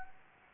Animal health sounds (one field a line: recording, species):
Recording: mosquito wingbeat signal from an infrared sensor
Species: Anopheles gambiae